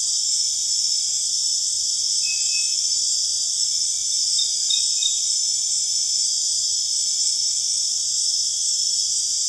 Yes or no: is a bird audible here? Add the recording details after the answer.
no. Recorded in secondary vegetation near Puerto Asís, Putumayo, Colombia, on 22 June 2025 at 19:30. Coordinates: 0.485, -76.322. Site GP06